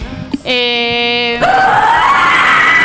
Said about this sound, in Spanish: ¿Qué es eso? No grites así, no grites así, por favor.